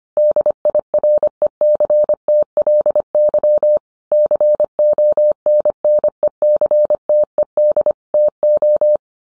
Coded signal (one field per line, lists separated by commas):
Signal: Morse code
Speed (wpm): 25 wpm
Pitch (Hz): 600 Hz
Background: none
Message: DIRECTLY CONNECTED TO